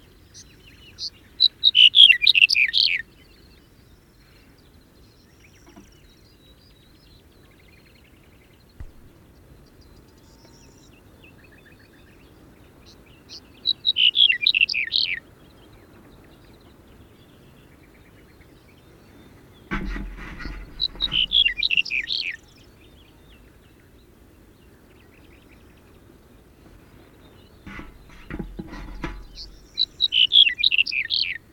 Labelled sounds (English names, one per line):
Black-headed Bunting song